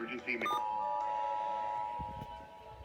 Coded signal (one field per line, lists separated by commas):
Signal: Emergency Alert System (SAME) tones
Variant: 853 and 960 Hz attention tone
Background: speech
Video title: Pennsylvania Required Monthly Test On Multiple Stations 2/17/22 (EAS #1050-1062)